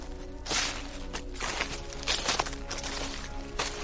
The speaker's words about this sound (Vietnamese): Những tiếng bước chân vẫn đều đều lẹp xẹp.